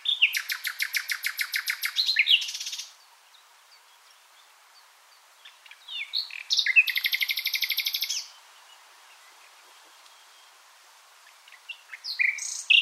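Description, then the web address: Common nightingale song in two long phrases of rapid, hammering repeated notes, each ending in a slurred flourish, with a short phrase beginning at the end. "SETE Luscinia megarhynchos"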